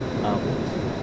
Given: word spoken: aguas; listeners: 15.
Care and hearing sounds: one Spanish word in noise, from a listening test; speech-shaped noise; -5.6 dB; 5 of 15; 7 of 15; 0.63 s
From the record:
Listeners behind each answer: 7, 5, 1, 1, 1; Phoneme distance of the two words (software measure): 7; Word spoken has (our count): 2 syllables, 5 phonemes, stress on syllable 1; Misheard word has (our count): 2 syllables, 4 phonemes, stress on syllable 1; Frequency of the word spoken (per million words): 76.90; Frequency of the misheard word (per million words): 358.56

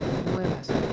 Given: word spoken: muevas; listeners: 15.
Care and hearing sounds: one Spanish word in noise, from a listening test; noise modulated by three-talker babble; -4.6 dB; 2 of 15; 7 of 15; 0.53 s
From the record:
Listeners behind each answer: 7, 2, 2, 2, 1, 1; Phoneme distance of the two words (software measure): 10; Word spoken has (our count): 2 syllables, 6 phonemes, stress on syllable 1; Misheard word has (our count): 2 syllables, 6 phonemes, stress on syllable 1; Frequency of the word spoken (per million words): 1.35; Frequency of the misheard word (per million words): 168.05

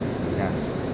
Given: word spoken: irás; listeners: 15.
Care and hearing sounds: one Spanish word in noise, from a listening test; speech-shaped noise; -4.8 dB; 2 of 15; 6 of 15; 0.54 s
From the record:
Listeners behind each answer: 6, 3, 2, 1, 1, 1, 1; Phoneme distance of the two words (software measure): 17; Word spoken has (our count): 2 syllables, 4 phonemes, stress on syllable 2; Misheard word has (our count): 1 syllable, 3 phonemes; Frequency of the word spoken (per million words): 2.47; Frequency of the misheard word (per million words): 47.94

